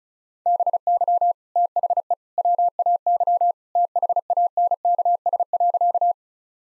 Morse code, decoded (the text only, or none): BY THE WAY THANKS.